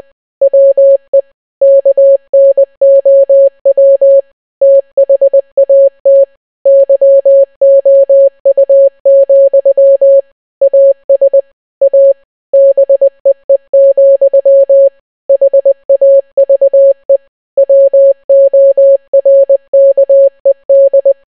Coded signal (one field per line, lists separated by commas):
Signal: Morse code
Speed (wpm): 20 wpm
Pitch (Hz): 550 Hz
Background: none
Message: WE KNOW THAT YOU, AS A BEE, HAVE WORKED